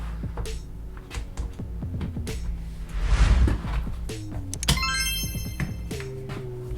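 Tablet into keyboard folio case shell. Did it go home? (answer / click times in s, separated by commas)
yes / 4.5 s, 4.6 s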